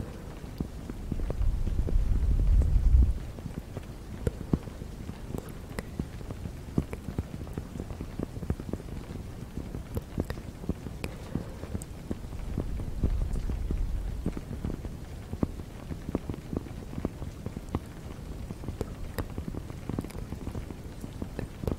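Fast, gentle tapping runs through the whole clip as dense, irregular little clicks and taps over a soft hiss like rain. A low, breathy rush swells near the start, about one to three seconds in, and returns more softly around thirteen seconds.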